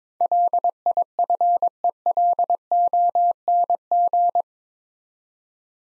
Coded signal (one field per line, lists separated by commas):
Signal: Morse code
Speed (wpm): 23 wpm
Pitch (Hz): 700 Hz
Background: none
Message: LIFELONG